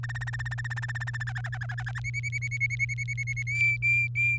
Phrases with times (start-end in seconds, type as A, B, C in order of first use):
0.03-1.23 A, 1.27-2.00 B, 2.04-3.43 C, 3.47-4.38 D